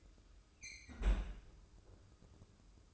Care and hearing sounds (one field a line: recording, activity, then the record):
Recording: daily activity, microphone in the room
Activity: close fridge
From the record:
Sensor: 2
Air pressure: 995.1 hPa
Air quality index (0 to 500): 65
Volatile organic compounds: 2 ppm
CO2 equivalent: 1113 ppm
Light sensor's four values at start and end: 16/53/20/19 and 16/52/20/19